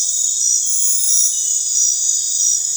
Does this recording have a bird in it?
no